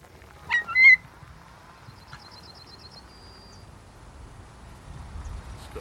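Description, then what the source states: Eurasian curlew: a couple of loud, short notes, then a faint, fast, higher trill, over quiet low background noise. Lone curlew, paler and greyer than normal, on farmland in rural Aberdeenshire, Scotland, perching on strainer posts; call described as lonely and haunting; possibly lost its mate and chicks when the field was cut for silage.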